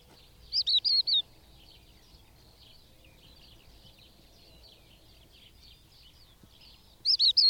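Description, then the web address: Bird song, a crisp burst of four bright high notes, then soft twittering, then the same four-note burst again near the end. "madarak enek"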